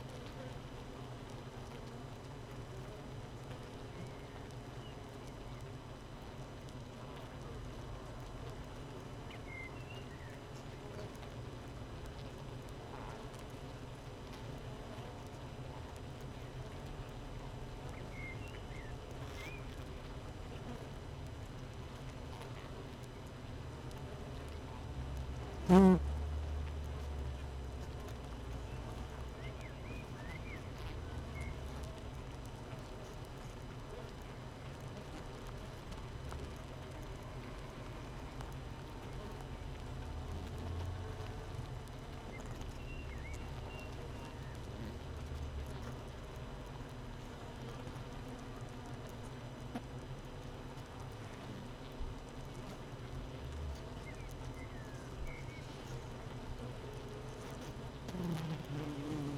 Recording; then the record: honeybee colony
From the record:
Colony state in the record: missing queen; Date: 31 May 2018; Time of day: 7:28